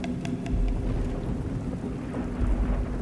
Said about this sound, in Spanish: En la otra estancia, los truenos y relámpagos se sucedieron uno tras otro una vez más.